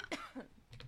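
A short, sharp cough from an adult woman with a ragweed allergy opens with an abrupt burst, followed by a fainter second throat-clearing sound about half a second later. It is a brief, dry-sounding cough in a quiet indoor room.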